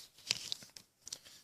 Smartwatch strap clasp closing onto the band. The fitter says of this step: kind of snaps in so when you open this up here